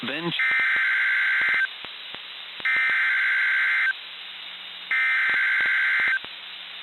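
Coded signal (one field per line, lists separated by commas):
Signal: Emergency Alert System (SAME) tones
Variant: header bursts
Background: speech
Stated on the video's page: EAS alerts received via SDR in Poughkeepsie, New York.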